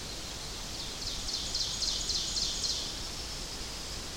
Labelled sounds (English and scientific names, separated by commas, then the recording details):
Ovenbird (Seiurus aurocapilla) song
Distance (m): 75 m
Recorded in boreal forest in Alberta, Canada, on 10 June 2016 at 08:57
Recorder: SongMeter 3, array SBT-3-39
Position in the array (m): 212 m, 176 m
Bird 17